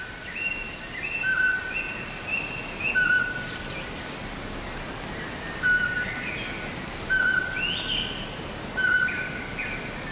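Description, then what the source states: Eurasian Pygmy Owl calling: a short, flat, piping whistle repeated several times at uneven intervals, with other small birds' thin, higher whistles in between. Songbirds give no mobbing or alarm calls at this individual because it specializes in hunting rodents and poses no threat to them.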